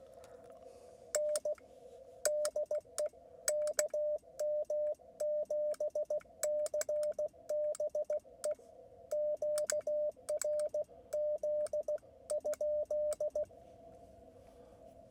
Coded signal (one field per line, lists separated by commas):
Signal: Morse code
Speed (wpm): 16 wpm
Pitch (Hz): 600 Hz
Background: radio noise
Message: N DE KM7CBE QRZ?